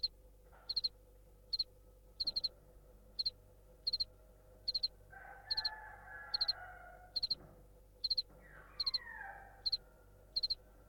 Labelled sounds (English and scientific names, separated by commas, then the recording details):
House Cricket (Acheta domesticus)
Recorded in captivity
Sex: male
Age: imago
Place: DE
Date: 1962-02-06 14:00
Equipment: Smaragd, Grundig-Mikrofon
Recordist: unbekannt, keine Angabe